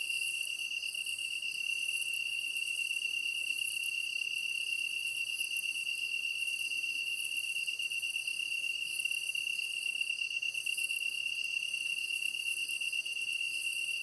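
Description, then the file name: Japanese tree cricket song, a steady unbroken high trill. Recorded 23 August 2010 at 21:22. "kantan-20100823-2122"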